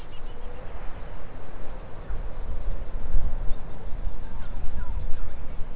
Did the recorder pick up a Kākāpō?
no